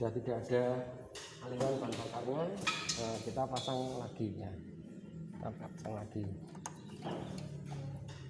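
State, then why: Not seated. Someone talks while handling the fuel hose quick connector, pushing it back onto the fuel pump outlet pipe of an injection motorcycle after a flow test. Nothing has seated or clicked yet by the end of the clip.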